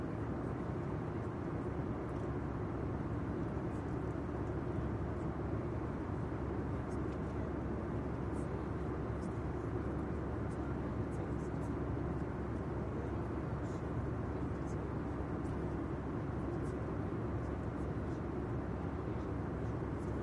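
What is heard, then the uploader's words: An airplane's steady, heavy drone fills the night, a deep rumble that holds at an even level from start to finish. The low roar dominates, with a softer hiss above it and faint brief ticks scattered throughout. Soothing Airplane Sound. The sound of the airplane at night.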